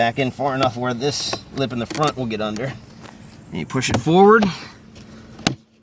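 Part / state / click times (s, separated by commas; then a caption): power window switch panel into door armrest trim / seated / 5.5 s. Someone talks while the driver's side power window switch panel of a Mazda 3 has its front lip hooked under and is pushed forward and pressed down into the plastic door armrest trim. A sharp click at 5.5 s marks the panel snapping into place, seated in the trim.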